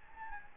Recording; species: mosquito wingbeat signal from an infrared sensor; Anopheles gambiae